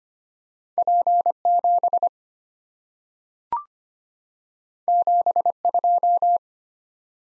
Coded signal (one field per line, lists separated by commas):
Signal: Morse code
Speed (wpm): 25 wpm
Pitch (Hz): 700 Hz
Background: none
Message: P7 72